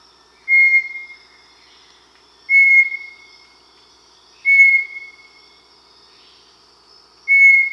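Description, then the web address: Bartlett's tinamou calling with four steady, pure whistled notes, spaced a few seconds apart, over a quiet background hiss. Amazon, Peru. "Birds of the Amazon. Bartlett's Tinamou (Crypturellus bartletti), Peru"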